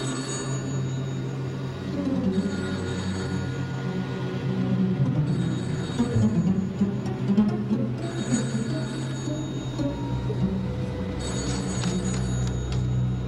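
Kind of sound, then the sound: signal or alarm, telephone bell ringing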